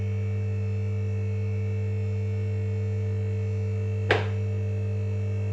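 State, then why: Seated. A Jaguar XK8 is raised on a Strongman mid-rise scissor lift over a steady hum with strong low tones. At 4.1 s a single sharp clunk sounds as the steel safety lock pawl drops into the next notch of the lift's ratchet. The lock seats and engages.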